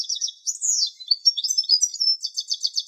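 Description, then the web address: European goldfinch calling with bright, liquid twitters and short trills, high-pitched and rapid, ending in a quick run of evenly repeated chirps. "Carduelis carduelis"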